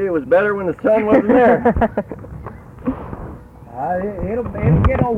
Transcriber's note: laughs